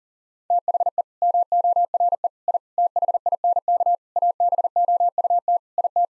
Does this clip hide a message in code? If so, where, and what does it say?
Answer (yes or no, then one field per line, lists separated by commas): yes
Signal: Morse code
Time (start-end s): 0.5-6.1 s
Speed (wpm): 37 wpm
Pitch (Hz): 700 Hz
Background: none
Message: THE MORE I THINK ABOUT IT